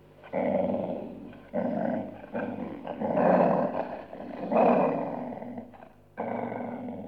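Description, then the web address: Dog giving deep, rasping growls and snarls in long bursts of one to two seconds, with brief gaps between them. "audio animali cani cani dog"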